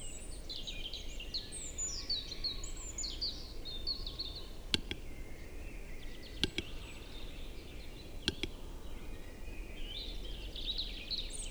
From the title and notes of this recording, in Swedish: Tjäderspelets ljudvärld. Här får du själv höra skogens alla ljud i slutet av april när tjäderspelet är på sin topp. Vi har spelat in en spelande tjädertupp med en Telinga SSM-mikrofon kopplad till en Olympus LS14.